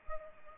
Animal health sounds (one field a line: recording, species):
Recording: mosquito wingbeat signal from an infrared sensor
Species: Culex pipiens